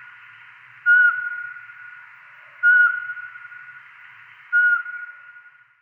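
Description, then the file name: Eurasian pygmy owl giving three monotone whistled notes at regular intervals of just under two seconds, each trailing off gently. "Spurveugle"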